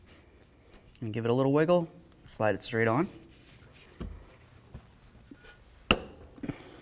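Someone talks while an air line fitting is wiggled and slid straight onto the air shock absorber of a 2007-2014 Cadillac Escalade, with a few faint taps along the way. A single loud, sharp snap at 5.9 s marks the fitting seating on the shock.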